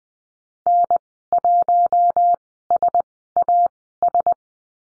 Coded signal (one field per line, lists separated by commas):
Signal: Morse code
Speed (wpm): 20 wpm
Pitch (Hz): 700 Hz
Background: none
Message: N1SAS